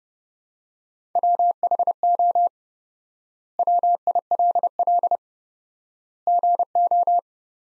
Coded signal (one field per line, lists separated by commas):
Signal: Morse code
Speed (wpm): 30 wpm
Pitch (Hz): 700 Hz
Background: none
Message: WHO WILL GO